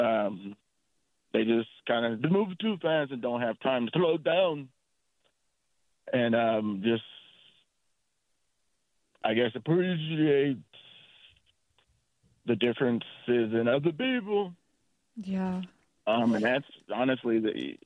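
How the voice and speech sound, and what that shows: Adult male speech heard over the telephone, broken by long silent blocks mid-phrase, with fillers and stretched sounds, fitting vocal dystonia. He had an on-the-job stroke at 31 and a bad car accident at 36.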